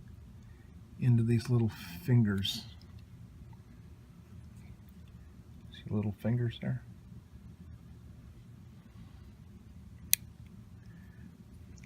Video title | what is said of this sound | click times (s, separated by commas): OneTouch Ultra2 Lancing Device Replacement | you hurt here a click and actually it's a dead in I could pull this and it | 10.1 s